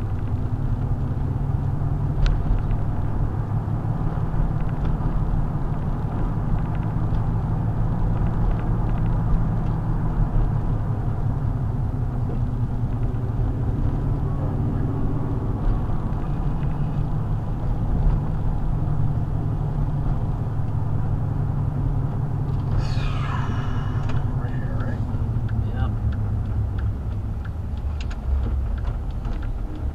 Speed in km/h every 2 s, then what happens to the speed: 45, 48, 50, 53, 53, 47, 44, 42, 50, 48, 47, 44, 37, 29, 19.
0-6 speeds up to 53. 8-11 slows to 44. 13-15 speeds up to 50. 19-30 slows to 19.